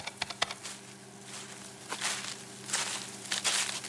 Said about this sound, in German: Der Wind wehte durch die Ähren. Ich hörte Schritte, die kamen näher.